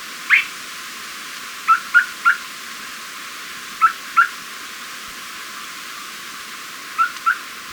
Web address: Natures Songs S America Birds of Ecuador Unicolored Tapaculo